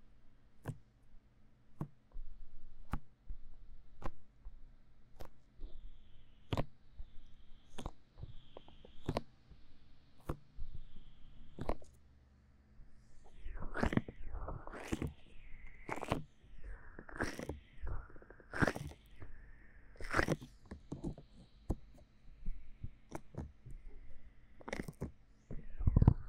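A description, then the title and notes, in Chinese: Sticky gel is worked over an ear. Sharp wet clicks and pops come at a steady pace through the first half, then turn denser and squelchier after about thirteen seconds, with slippery sliding sounds over a faint low hum. 用蘆薈凝膠按摩耳朵。Aloe based gel sticky Earmassage | 3Dio | NoTalking。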